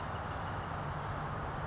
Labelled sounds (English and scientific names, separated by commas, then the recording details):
California Towhee (Melozone crissalis)
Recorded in Sonoma County, California